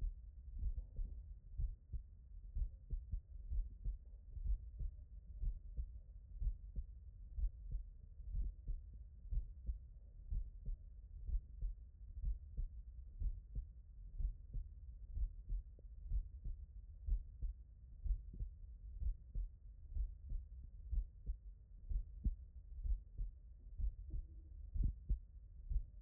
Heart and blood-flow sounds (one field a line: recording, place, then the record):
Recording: heart sounds by stethoscope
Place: tricuspid valve (TV)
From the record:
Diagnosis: non-HFrEF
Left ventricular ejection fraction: 67%